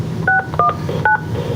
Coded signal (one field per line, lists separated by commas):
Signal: DTMF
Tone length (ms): 170 ms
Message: 61 9